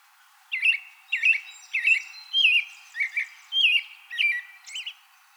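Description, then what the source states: American robin song, a steady run of about eight caroling phrases, each a whistled slur of a few notes. Recorded 2020-04-24.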